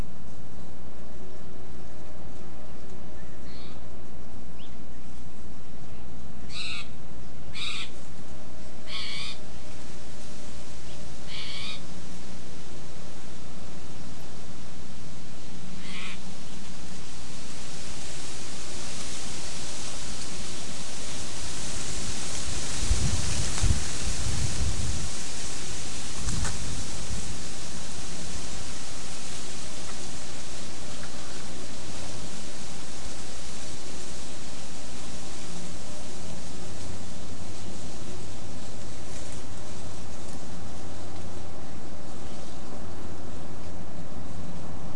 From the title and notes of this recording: Wind through bay, leaf litter talon scratch. 3:00-3:30 pm. Throwback to a late summer windy day under the clearing-edge coast live oaks, spotted towhee foraging in the leaf litter.